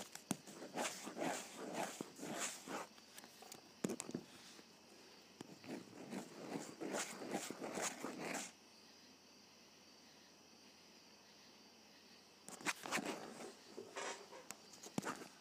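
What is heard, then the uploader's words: A ballpoint pen scratches across paper in quick, busy strokes, bright, for the first eight seconds or so. The writing stops for about four seconds, leaving only a faint hiss, then resumes in another burst of rapid scratching near the end. ASMR Writing with a Ballpoint Pen.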